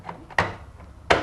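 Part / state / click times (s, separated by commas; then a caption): plastic side cover on an aquarium lighting housing / seated / 0.4 s, 1.1 s. A plastic side cover is pressed onto the lighting housing of a Red Sea MAX S-Line aquarium while the wires at the back are held down. Two sharp clicks ring out at 0.4 s and 1.1 s over faint handling noise. The cover snaps into place and is seated.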